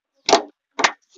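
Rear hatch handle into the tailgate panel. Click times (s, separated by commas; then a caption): 0.3 s, 0.8 s. A new rear hatch (dicky) handle for a 2023 Maruti Celerio is pressed into its opening in the tailgate panel. Two loud, sharp snaps ring out at about 0.3 s and 0.9 s, with a faint tick near the end. The handle locks into place.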